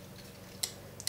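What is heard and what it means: In a Royal Enfield Himalayan motorcycle engine, the metal cam chain tensioner is refitted with its spring and bolt, and its operating rod is pushed forward against its ratchet over a low steady hum. Sharp metallic ratchet clicks sound at 0.6 s and 1.1 s, with a fainter tick at 1.0 s, showing the rod has seated in the ratchet.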